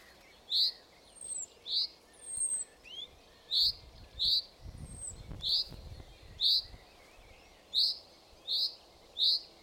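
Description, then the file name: Common chaffinch giving a steady series of sharp, clipped call notes roughly every second, while other birds add thin high whistles and slurred notes in the background. "Fringilla coelebs"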